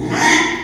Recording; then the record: squeal of a Yucatan mini pig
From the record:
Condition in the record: after surgery on the right vocal fold (resection and tissue-engineered implant); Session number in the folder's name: 3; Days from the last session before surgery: 33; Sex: male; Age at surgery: 12 weeks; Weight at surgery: 13 kg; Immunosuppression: cyclosporine, prednisolone